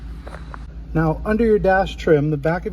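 Plastic dash trim vents are pressed back into their openings on the center console of a Lexus SC430 after a nav unit upgrade. Two sharp, quick-decaying clicks sound at 0.3 s and 0.5 s as the vents seat, then someone talks.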